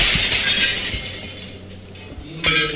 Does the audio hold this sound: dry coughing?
no